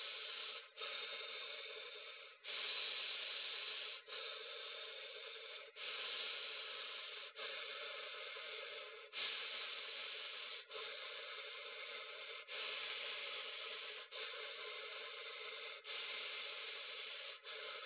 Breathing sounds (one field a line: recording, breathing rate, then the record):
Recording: paced breathing near a phone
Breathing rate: 18 breaths a minute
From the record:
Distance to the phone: 20 cm